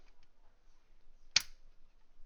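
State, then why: Seated. While a game console is being reassembled, a plastic internal part is pressed down into the console housing. It snaps into its clips with one sharp, loud snap at 1.4 s. It is clipped in and needs no screws, with only quiet background before and after.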